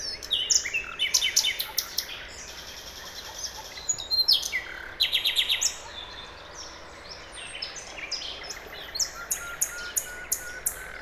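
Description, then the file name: Common nightingale: songbird phrases of rapid repeated notes and sharp chirps, coming in bursts with quieter gaps, over steady background hiss. "Luscinia megarhynchos"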